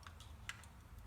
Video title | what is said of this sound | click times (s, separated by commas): Honda ATC110 ATC 110 - Removing Flywheel - NO Spark!! - Stator Problem | that clips snaps into place and you can use a pic | 0.5 s